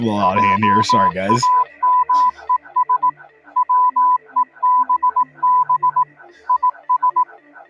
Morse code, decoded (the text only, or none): JAMES WEBB IS